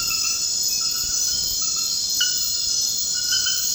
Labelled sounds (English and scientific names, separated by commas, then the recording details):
none
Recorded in dense forest near Puerto Asís, Putumayo, Colombia, on 19 February 2024 at 00:30
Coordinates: 0.472, -76.329
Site G6394